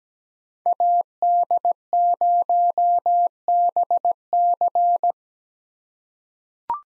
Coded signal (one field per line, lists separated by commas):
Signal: Morse code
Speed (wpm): 17 wpm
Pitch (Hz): 700 Hz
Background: none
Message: AD0BC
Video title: 2023 POTA Hunter Call Signs - 17wpm